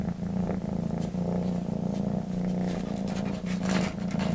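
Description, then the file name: Cat purring, a continuous deep vibrating drone with a regular in-and-out rhythm and a little faint rustling. "kissa kehraa"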